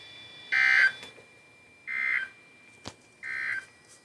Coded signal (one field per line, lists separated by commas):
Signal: Emergency Alert System (SAME) tones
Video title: EAS 357-362